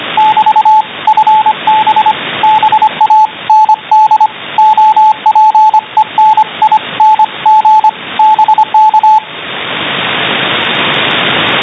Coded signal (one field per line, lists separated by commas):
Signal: Morse code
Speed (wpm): 24 wpm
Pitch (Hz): 860 Hz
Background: radio noise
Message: <BT> FB BAND OPENING BK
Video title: SDR 28 MHz USB Morse Code